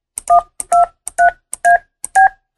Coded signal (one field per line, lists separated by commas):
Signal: DTMF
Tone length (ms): 150 ms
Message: 123AB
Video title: Phone Phreaking: Fun With DTMF Tones